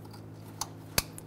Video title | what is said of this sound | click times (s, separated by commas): How to Replace Spark Plugs 2005-2015 Toyota Tacoma 2.7L L4 | push until you hear a click if you don't give it a pull make sure it's locked on | 1.0 s